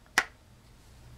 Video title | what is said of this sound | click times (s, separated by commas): ust pico led lantern | snaps into place | 0.2 s